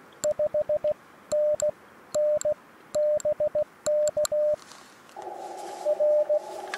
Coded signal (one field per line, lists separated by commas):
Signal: Morse code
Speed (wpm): 16 wpm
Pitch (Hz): 600 Hz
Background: radio noise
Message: 5NN BK R